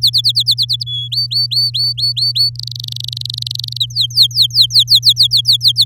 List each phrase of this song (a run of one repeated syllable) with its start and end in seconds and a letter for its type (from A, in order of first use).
0.02-0.84 A, 0.86-1.08 B, 1.12-2.50 C, 2.55-3.77 D, 3.80-5.85 E